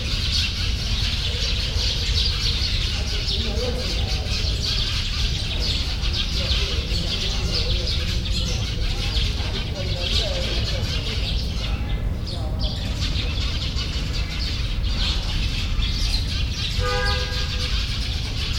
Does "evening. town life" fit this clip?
yes